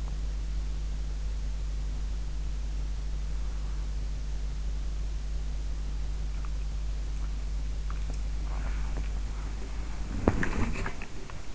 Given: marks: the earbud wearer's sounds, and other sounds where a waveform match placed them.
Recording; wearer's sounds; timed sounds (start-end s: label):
sounds in sleep by an in-ear microphone; teeth grinding, swallowing, body movement
0.00-0.76 s: teeth grinding
6.34-8.28 s: swallowing
8.28-11.55 s: body movement